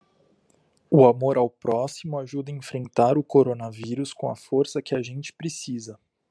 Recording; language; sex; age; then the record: spoken sentence; Brazilian Portuguese; male; 20 to 29 years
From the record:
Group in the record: control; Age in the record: 24 years